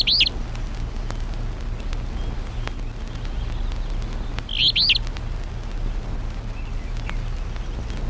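Traill's Flycatcher giving quick high call notes, one at the start and a doubled call about four and a half seconds later, against a low droning hum.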